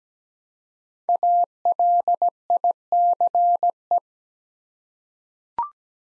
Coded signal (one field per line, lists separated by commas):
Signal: Morse code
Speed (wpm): 17 wpm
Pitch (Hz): 700 Hz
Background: none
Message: ALICE